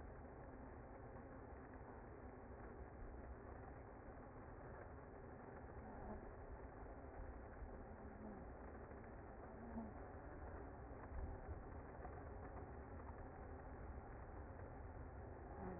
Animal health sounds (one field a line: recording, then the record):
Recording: honeybee colony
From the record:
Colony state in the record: active